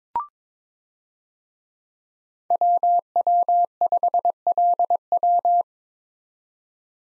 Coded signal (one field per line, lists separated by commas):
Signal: Morse code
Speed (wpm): 22 wpm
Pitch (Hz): 700 Hz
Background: none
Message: WW5LW